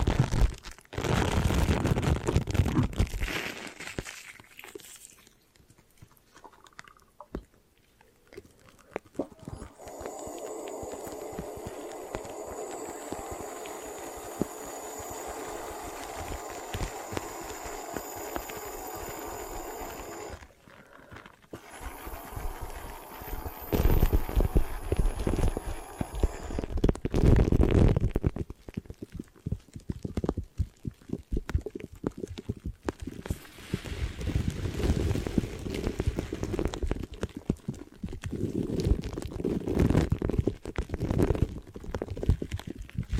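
Hair washing and brushing with layered sounds: dense wet rubbing and scratching, a steady hissing stretch midway, then irregular brushing strokes.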